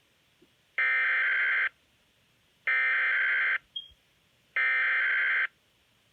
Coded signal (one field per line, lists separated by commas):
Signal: Emergency Alert System (SAME) tones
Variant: header bursts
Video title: Freezing Rain Warning at 4:45 AM (EAS #20)